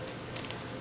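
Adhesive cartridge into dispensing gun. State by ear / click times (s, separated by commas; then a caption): not seated / none. A used adhesive cartridge with its nozzle still fitted is slid into a dispensing gun and handled, giving a steady low rustling with a few faint ticks. Nothing has seated or clicked yet by the end of the clip.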